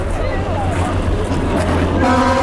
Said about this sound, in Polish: Synek, co to było? Pociąg? Czeski pociąg. Czeskie pociągi są najlepsze. No zawsze trąbią, polskie nie zawsze.